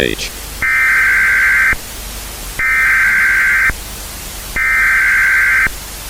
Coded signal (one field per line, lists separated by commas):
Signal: Emergency Alert System (SAME) tones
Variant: header bursts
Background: speech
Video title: EAS tornado emergency REVAMP (THIS IS A FAKE EAS SCENARIO. DO NOT USE IT AS A REAL ONE.)